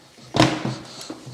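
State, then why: Seated. A semi-rigid grass collection bag on a metal frame is hooked onto its rear mount on a Ryobi 18V Brushless 40cm lawn mower. A sharp click is heard at 0.4 s, followed by a few fainter knocks. The bag is seated and properly engaged.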